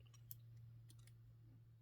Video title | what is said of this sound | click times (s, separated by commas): Figure Rise Standard Super Saiyan God Super Saiyan SSJ Blue Gogeta - Broly Movie - Review | so yeah it does pop into place at the front if you want to | 0.3 s